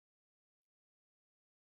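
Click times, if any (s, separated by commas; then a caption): none. While wiring a Voron 2.4 toolchanger build, a small crimped wire connector is pushed into its plastic housing or socket, making one brief, faint broadband rustle at about 0.6–0.7 s against otherwise near-silence. Nothing has seated or clicked: the connector does not lock in because it has not been crimped properly.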